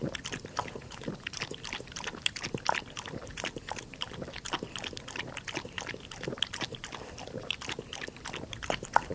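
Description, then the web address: Dog lapping water, a steady fast stream of wet tongue splashes and clicks. Dog lapping water indoors, close perspective. "BBC Dogs. dog interior lapping water close perspective"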